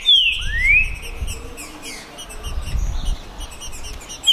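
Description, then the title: Green-winged saltator whistle: a falling note then a rising slurred whistle, followed by softer background chirps and a brief note at the end. Green-winged saltator song contest between birds named Naval and Demolidor, 2022 season; singing and displaying as males in competition. "TRINCA Piando, Cantando E Macheando Na DISPUTA. ISSO SIM!! É UMA DISPUTA DE TRINCA FERRO PERFEITA!! NAVAL VS DEMOLIDOR 2022! TEMPORADA 2022!"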